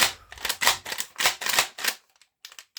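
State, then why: Not seated. The plastic pump action of a foam-dart toy shotgun is worked back and forth after the last shot, making a series of scraping, rattling plastic strokes over the first two seconds, followed by near silence with a few faint ticks. The mechanism does not engage or lock in, and nothing has latched or clicked into place yet.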